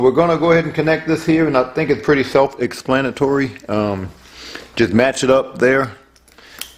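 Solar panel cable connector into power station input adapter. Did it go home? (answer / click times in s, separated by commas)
yes / 6.6 s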